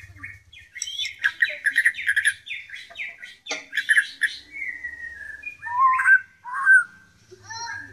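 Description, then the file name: White-rumped shama song opening with dense rapid chattering, then long slurred whistles and clear whistled notes near the end. Shama song imitating canary and kingfisher (tengkek) phrases, the 'tembakan' style. "murai batu tembakan kenari tengkek"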